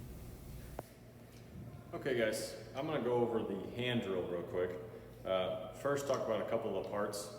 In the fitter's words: the opposite just push it on until it clicks